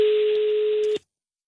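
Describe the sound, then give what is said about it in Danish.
A telephone call being dialed from Denmark: one steady, mid-pitched ringing tone over a hissy phone line lasts about a second, then cuts off abruptly with a faint click. “vi ringer ned til ham, fordi vi vil gerne have ham til at være taler på Antidemokratisk Festival”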